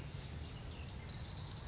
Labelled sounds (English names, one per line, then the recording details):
Orange-crowned Warbler
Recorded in Sonoma County, California